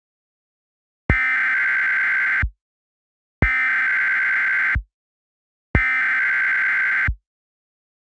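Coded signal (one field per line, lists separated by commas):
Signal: Emergency Alert System (SAME) tones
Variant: header bursts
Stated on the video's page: Fictional EAS scenario with valid tones.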